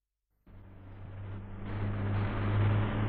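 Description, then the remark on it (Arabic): A car engine starts up abruptly and hums steadily with a low tonal drone, growing gradually louder and rougher as the vehicle drives on, with no voices present. “حاسب يا صلاح الميكروباص ده مش عارف”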